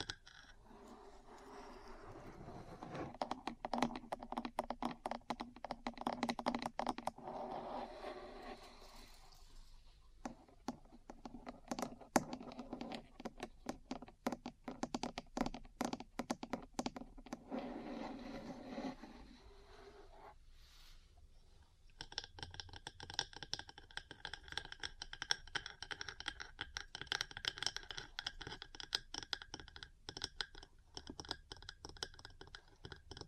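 Metal parts tap and scratch in dense, rapid clicking bursts, pausing near ten and twenty seconds, then turning into a brighter, steadier scraping.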